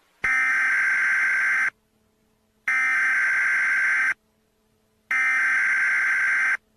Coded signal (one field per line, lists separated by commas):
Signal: Emergency Alert System (SAME) tones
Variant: header bursts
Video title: The Storm From Hell - An EAS Scenario